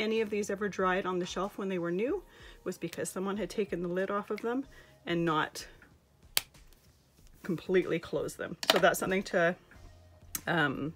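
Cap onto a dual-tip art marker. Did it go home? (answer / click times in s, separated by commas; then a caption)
yes / 6.4 s. A plastic cap is snapped onto a dual-tip art marker and seats with a sharp click at 6.4 seconds. The click comes during a pause while someone talks about markers drying out when their caps aren't fully closed.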